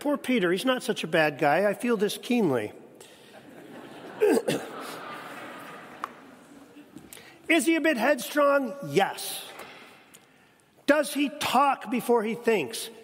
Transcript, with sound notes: Poor Peter, he's not such a bad guy. I feel this keenly.
(laughs)
(coughs) Is he a bit headstrong? Yes. Does he talk before he thinks?